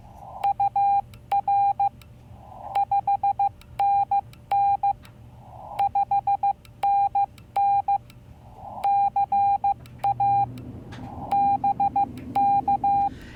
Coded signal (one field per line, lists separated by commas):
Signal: Morse code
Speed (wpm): 15 wpm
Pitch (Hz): 800 Hz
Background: none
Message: UR 5NN 5NN CA BK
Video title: New Xiegu X6200 Ultra Portable QRP Ham Radio!